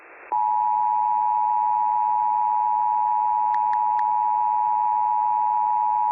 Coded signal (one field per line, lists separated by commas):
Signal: Emergency Alert System (SAME) tones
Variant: 853 and 960 Hz attention tone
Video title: SPRINGTIME TESTING... EAS Tests from 3/5/24 - 3/17/23 (EAS #3,757 - 3,790)